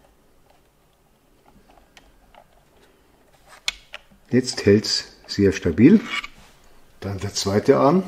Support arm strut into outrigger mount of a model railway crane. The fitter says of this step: Now it must click into place here too.